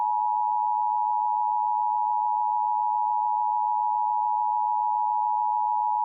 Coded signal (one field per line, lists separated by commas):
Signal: Emergency Alert System (SAME) tones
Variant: 853 and 960 Hz attention tone